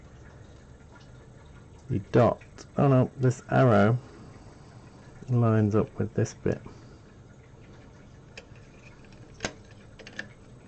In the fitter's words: just goes in ray smoothly just locks in place and I'm